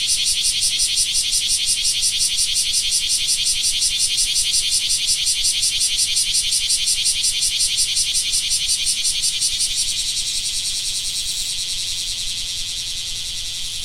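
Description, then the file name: Bear cicada song: a shrill, rhythmic buzzing with fast regular pulses that smooth into a continuous drone near the end. "クマゼミ"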